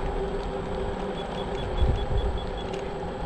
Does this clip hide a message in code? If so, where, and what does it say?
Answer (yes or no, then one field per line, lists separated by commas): no